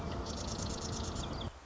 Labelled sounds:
Marsh Wren (Cistothorus palustris)

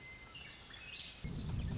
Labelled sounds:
Western Meadowlark (Sturnella neglecta)

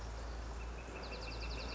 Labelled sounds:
Northern Flicker (Colaptes auratus)

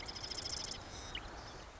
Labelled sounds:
Marsh Wren (Cistothorus palustris)

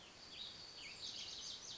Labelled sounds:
Lazuli Bunting (Passerina amoena)

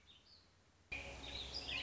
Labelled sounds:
Warbling Vireo (Vireo gilvus)

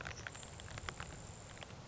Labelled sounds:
Grasshopper Sparrow (Ammodramus savannarum)

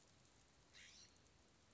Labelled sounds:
California Scrub-Jay (Aphelocoma californica)

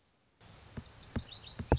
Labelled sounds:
Lazuli Bunting (Passerina amoena)

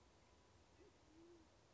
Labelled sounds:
Band-tailed Pigeon (Patagioenas fasciata)

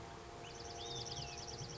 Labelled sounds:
Olive-sided Flycatcher (Contopus cooperi)

